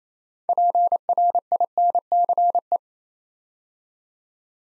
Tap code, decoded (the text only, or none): none